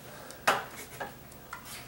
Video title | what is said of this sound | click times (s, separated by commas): How Anyone Can Install Smoke Alarm Made Easy | to get these prongs on here make sure you get the Proms all pushed in there in the right place and that you don't miss any of the problems and it snaps into place | 0.5 s